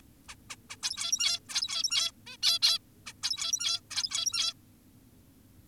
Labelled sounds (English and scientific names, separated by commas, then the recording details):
Zebra Finch (Taeniopygia guttata)
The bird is an adult
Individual g17y2U